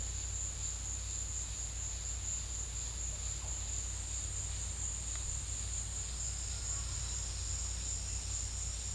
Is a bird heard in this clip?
no